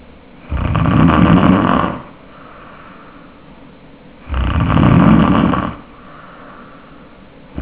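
Two loud, rough, low-pitched snores on breathing in, each lasting about one and a half seconds, with quiet breathing between them, from an adult sleeper. This deep, rumbling snore comes from vibration and narrowing at the base of the tongue.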